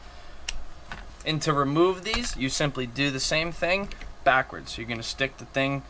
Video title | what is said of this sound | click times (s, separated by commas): How to install AR15 ambidextrous safety; Radian Talon | and there you go you'll hear it snap back in with an audible snap | 0.5 s